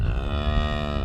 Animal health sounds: contact call of a hoofed animal; cattle; low-frequency (closed-mouth) or high-frequency (open-mouth) call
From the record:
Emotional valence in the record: negative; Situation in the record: physical separation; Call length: 1.05 s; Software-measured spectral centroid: 1440 Hz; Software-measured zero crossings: 980 a second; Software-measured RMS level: -24 dBFS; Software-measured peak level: -10 dBFS

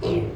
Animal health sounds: contact call of a hoofed animal; pig; closed-mouth grunt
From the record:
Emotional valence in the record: negative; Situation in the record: short social isolation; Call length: 0.36 s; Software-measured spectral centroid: 1420 Hz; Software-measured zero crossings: 830 a second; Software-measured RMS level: -24 dBFS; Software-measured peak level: -12 dBFS

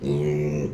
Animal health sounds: contact call of a hoofed animal; pig; closed-mouth grunt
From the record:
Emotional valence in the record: negative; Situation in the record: short social isolation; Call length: 0.74 s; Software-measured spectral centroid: 1500 Hz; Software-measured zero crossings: 710 a second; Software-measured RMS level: -24 dBFS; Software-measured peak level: -12 dBFS

